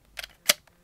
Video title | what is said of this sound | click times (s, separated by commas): Y-Wing Fighter Review | they extend up and down and they lock into place | 0.5 s